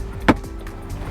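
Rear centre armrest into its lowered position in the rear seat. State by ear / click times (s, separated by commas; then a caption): seated / 0.3 s. The rear centre armrest of a 2023 Range Rover Sport is folded down in the rear seat. A sharp click at 0.3 s marks it latching into its lowered position, followed by a much quieter tap at 0.7 s over low background hum. The armrest is seated.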